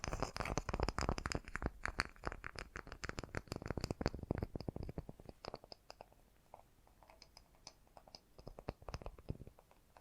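Fast, gentle tapping in dense rapid bursts for the first six seconds, then thinning to sparser, softer taps with faint scratchy crinkling.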